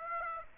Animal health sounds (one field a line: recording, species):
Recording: mosquito wingbeat signal from an infrared sensor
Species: Aedes aegypti